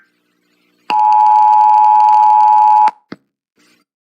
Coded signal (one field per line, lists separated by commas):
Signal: Emergency Alert System (SAME) tones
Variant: 853 and 960 Hz attention tone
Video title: EAS Scenario : The Minimighty Kids